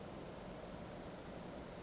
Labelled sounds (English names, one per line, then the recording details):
Western Flycatcher
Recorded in Sonoma County, California